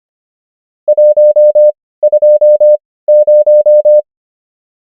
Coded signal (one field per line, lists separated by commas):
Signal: Morse code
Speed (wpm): 25 wpm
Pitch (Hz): 600 Hz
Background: none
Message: 120